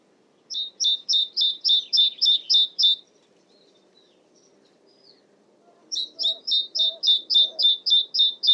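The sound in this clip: Great tit repeating crisp high notes in a fast, even series, then after a gap of a few seconds starting another run.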